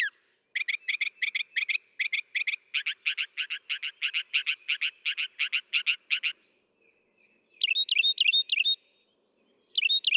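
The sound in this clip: Northern mockingbird delivering a long steady run of rapid repeated chattering notes, then a short burst of higher whistled chirps.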